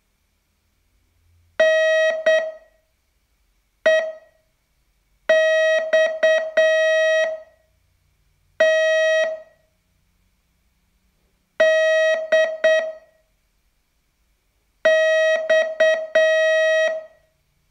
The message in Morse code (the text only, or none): NEXT DX